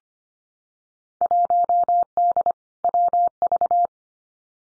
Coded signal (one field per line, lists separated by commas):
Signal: Morse code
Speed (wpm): 25 wpm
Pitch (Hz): 700 Hz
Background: none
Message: 1D WV